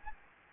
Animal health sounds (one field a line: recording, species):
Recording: mosquito wingbeat signal from an infrared sensor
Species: Anopheles gambiae